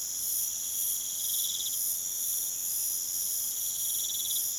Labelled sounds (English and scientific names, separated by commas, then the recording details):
none
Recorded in pastures near Puerto Asís, Putumayo, Colombia, on 29 June 2025 at 04:30
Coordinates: 0.486, -76.323
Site H29